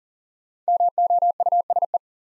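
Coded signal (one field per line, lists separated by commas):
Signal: Morse code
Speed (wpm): 42 wpm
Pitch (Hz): 700 Hz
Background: none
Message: MOUSE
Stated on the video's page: Practice set of easy words with context hints at 40 wpm.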